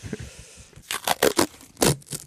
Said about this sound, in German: So klingt es, wenn man Bundeswehr-nomifiziertes Klebeband abrollt. Es klingt schon so ein bisschen fester.